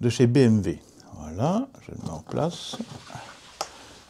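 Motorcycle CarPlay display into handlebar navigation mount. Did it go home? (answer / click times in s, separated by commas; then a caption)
yes / 3.6 s. Someone talks while pushing a 6-inch CARABC DB601 CarPlay screen into the BMW motorcycle's handlebar navigation cradle. A single sharp click is heard at 3.6 s as the display seats firmly in the mount.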